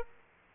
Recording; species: mosquito wingbeat signal from an infrared sensor; Aedes aegypti